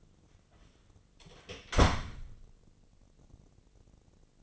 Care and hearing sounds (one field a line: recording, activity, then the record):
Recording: daily activity, microphone in the room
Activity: close door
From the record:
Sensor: 4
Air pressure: 1013.2 hPa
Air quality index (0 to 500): 178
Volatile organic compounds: 2 ppm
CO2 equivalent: 1118 ppm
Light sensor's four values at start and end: 88/220/91/96 and 66/161/68/68